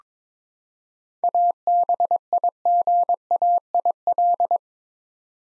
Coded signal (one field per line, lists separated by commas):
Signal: Morse code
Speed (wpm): 22 wpm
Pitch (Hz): 700 Hz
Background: none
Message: ABIGAIL